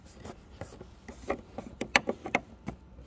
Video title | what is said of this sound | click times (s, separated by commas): SYM Jet 14 125ccm Fabri Windschild montieren: Anleitung, Erfahrung, Probleme, Tipps und Fazit | you try to put this Y-panel in here, this panel, then there is simply this gap that won't close because: | 2.0 s, 2.3 s